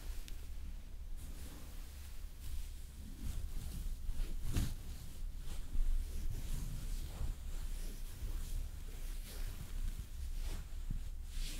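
Makeup being applied slowly: soft brushing strokes and light taps, with a sharper tap near four and a half seconds, over a constant low rumble.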